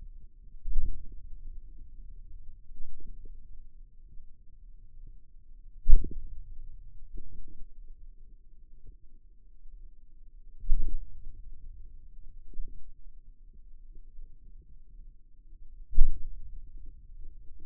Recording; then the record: forearm muscle sounds (acoustic myography)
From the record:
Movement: hand opening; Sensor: system 2, bracelet of six BSWA MPA416 microphones around the upper forearm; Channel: 2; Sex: male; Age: 22 years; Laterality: right